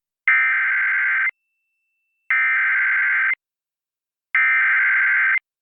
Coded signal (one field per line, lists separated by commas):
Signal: Emergency Alert System (SAME) tones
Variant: header bursts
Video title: {EAS Archive} EAS Flash Flood Warning- July 31, 2025- 8:42PM PDT (KLEW-TV)